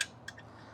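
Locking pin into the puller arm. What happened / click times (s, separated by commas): The metal locking pin clicked into place / 0.0 s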